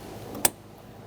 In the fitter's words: Make sure you hear that click.